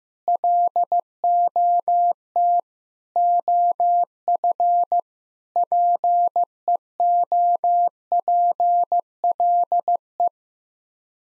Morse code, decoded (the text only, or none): LOT OF PEOPLE